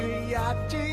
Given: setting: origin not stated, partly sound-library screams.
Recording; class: one-second piece from a danger detection set; normal situation